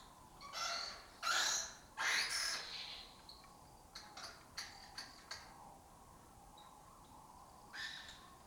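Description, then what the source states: Lesser kestrel giving harsh, rasping calls in three loud bursts over the first three seconds, followed by short clipped notes and a final rasp near the end. Colony that took over an abandoned house complex in Doñana; migratory raptor that breeds in southern Europe and forages in West Africa.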